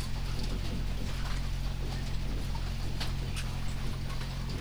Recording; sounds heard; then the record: poultry house recording; sick chickens (respiratory disease)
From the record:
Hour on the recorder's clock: 20